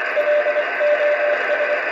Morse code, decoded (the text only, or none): LOS